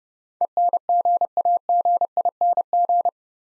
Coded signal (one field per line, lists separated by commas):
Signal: Morse code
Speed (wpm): 30 wpm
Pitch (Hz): 700 Hz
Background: none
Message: ENGAGING